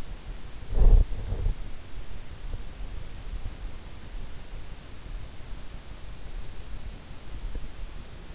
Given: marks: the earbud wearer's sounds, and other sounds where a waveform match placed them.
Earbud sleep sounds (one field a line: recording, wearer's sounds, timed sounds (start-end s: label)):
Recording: sounds in sleep by an in-ear microphone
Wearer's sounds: teeth grinding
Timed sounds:
0.67-1.57 s: teeth grinding